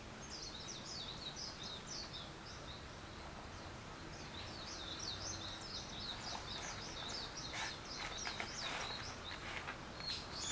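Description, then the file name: Bird calls: quick high chirps, many overlapping in a busy twittering run, over a steady hiss of background noise. Wild birds; 21 April 2023. "wild-bird 230421"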